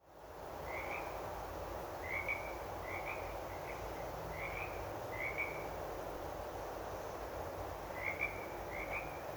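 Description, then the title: Frog calls: several short chirping trills, some in close pairs, above a constant broad hiss of background noise. "froggos"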